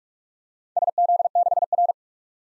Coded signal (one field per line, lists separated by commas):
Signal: Morse code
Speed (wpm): 47 wpm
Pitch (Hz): 700 Hz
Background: none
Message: SZ6R